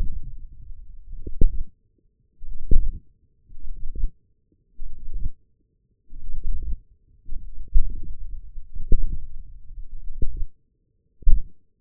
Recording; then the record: forearm muscle sounds (acoustic myography)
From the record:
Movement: wrist flexion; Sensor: system 1, eight BSWA MPA416 microphones around the upper forearm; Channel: 8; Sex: male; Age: 20 years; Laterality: left